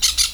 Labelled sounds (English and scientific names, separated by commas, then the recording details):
Brown-throated Parakeet (Eupsittula pertinax) contact call
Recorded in Venezuela
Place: Hato Matapalo, Bolívar
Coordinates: 7.356, -61.542